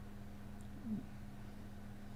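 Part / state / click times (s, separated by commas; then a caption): flex cable connector into phone board socket / not seated / none. During an iPhone 6S button flex repair, the flex cable connector is pressed toward its socket on the phone board against a steady low hum, with a brief faint scrape near 0.9 s. The connector has not latched yet, and no click is heard.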